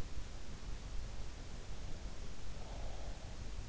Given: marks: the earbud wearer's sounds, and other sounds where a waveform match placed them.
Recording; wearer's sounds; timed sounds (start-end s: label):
sounds in sleep by an in-ear microphone; breath
2.10-3.30 s: breath